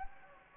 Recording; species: mosquito wingbeat signal from an infrared sensor; Anopheles gambiae